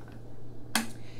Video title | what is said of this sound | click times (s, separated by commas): Medela Symphony Unboxing - The New Mummy Company - (2020) | So you'll hear a click once the lid closes down. | 0.8 s